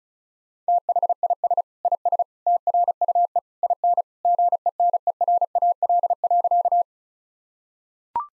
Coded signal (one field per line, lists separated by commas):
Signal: Morse code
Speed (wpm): 34 wpm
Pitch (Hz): 700 Hz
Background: none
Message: THIS IS TRUE IN GENERAL.